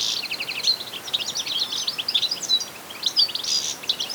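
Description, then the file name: European goldfinch chattering calls, rapid tinkling twitters and buzzy notes high in pitch, running almost continuously with brief pauses, over a steady background hiss. "Carduelis carduelis"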